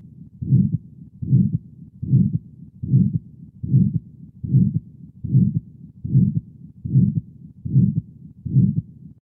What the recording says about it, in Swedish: Blåsljudet så som det låter vid en aortastenos igen. Det är ett strävt systoliskt blåsljud. Det kan antingen vara tidigt i systole.